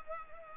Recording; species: mosquito wingbeat signal from an infrared sensor; Culex pipiens